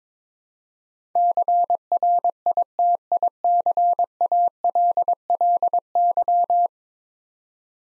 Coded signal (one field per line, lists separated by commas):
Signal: Morse code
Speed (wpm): 22 wpm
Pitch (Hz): 700 Hz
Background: none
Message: CRITICALLY